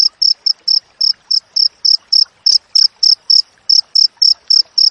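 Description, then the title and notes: Cricket song of high, ringing chirps repeated close together, slightly uneven in spacing, over faint background clicks. Clear wild cricket chirping with tight spacing, intended as tutor audio for training songbirds and for repelling rats. "Masteran Jangkrik Alam Jernih, Jeda Rapat Cocok Untuk Masteran Burung Dan Mengusir Tikus. suara jangkrik"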